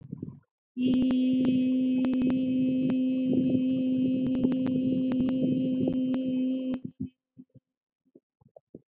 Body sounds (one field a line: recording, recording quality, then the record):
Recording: sustained vowel as in beet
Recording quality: excellent, no background noise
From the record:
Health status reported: respiratory illness, not identified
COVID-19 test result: not tested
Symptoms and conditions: asthma, hypertension, diabetes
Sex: female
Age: 56 years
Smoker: not ticked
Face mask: not worn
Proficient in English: yes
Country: India